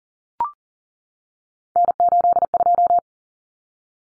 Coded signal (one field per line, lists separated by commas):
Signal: Morse code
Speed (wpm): 40 wpm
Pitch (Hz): 700 Hz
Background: none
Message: N82